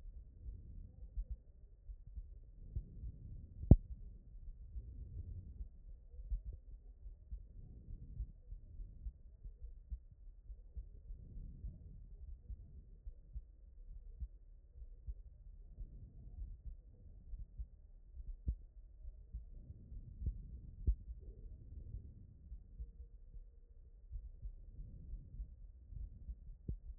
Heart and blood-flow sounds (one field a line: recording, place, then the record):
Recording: heart sounds by stethoscope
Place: aortic valve (AV)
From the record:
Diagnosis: HFrEF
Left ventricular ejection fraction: 39%